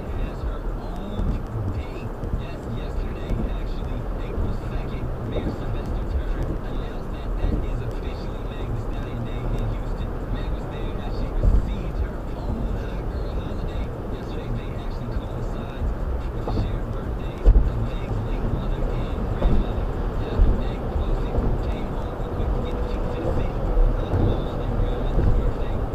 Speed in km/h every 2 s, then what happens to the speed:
101, 100, 103, 105, 106, 108, 108, 109, 109, 111, 113, 114, 114.
0-26 speeds up to 114.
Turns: none.